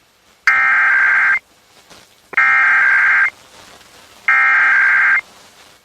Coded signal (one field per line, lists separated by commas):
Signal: Emergency Alert System (SAME) tones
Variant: header bursts